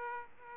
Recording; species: mosquito wingbeat signal from an infrared sensor; Aedes aegypti